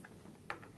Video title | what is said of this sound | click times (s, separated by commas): EIOTCLUB is Live Now!! – Save Big and Enjoy Connectivity | What you would do is push it until you hear that click, and then you are good to go. | 0.5 s